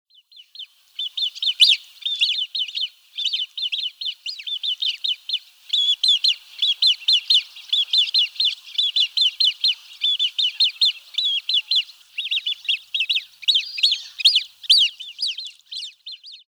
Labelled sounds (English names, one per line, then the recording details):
Great Crested Grebe
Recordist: Tembrock, Günter
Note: Rufe von Jungvögeln